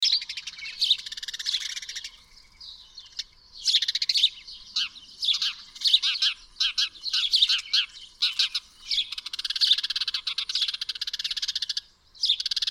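Bird song, a busy, continuous jumble of high twittering and chirping phrases with brief pauses.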